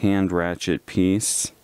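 A driver piece is being fitted into the small hand ratchet handle of a precision magnetic screwdriver kit while someone talks. The clip is mostly speech, ending with a brief burst of high hiss. The piece is only being handled here, and nothing has seated or clicked yet.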